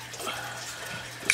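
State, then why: Seated. A plastic float switch with its cover fitted is snapped onto the magnetic holder of a Tunze Osmolator nano aquarium auto top-off. Over a steady low hum and faint watery hiss, a sharp, bright snap at 1.3 s marks the float switch seating in place on the magnet holder.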